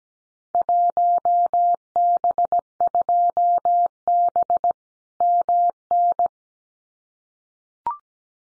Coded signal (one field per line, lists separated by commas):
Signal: Morse code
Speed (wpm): 17 wpm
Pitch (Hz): 700 Hz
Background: none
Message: 1B2B MN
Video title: Field Day Exchange Encore 17wpm